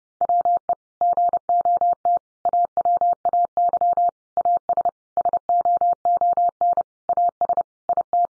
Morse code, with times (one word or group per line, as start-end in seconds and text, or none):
0.2-0.7 WE
1.0-2.2 GOT
2.5-4.1 AWAY
4.4-4.9 AS
5.2-6.8 SOON
7.1-7.6 AS
7.9-8.3 IT